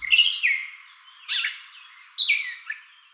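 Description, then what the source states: Gray Catbird: three bursts of squeaky, slurred notes. Its song includes mimicry of other species and its own invented sounds, including a cat-like meow; found across many levels of urbanization.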